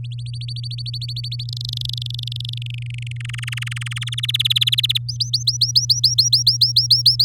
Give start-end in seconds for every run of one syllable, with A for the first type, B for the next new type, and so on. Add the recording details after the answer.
0.11-1.44 A, 1.49-2.58 B, 2.62-3.17 C, 3.20-4.04 D, 4.07-4.98 E, 5.08-7.24 F. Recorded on 9 May 2018 at 07:23. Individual llb16